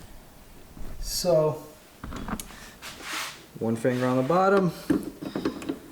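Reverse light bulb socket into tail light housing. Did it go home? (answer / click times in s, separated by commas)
yes / 5.4 s, 5.5 s, 5.6 s, 5.7 s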